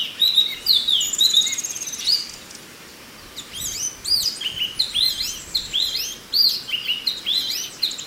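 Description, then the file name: Chinese hwamei song: varied whistled notes with looping up-down slurs, a brief pause mid-way, then a lively string of repeated phrases. "suara alam hwamei"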